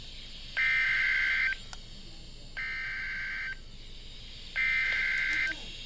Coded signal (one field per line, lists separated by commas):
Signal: Emergency Alert System (SAME) tones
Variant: header bursts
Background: speech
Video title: NOAA - 3 Flood Warnings (EAS #910 - 912)